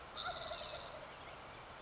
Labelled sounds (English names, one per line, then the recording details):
Spotted Towhee
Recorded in Sonoma County, California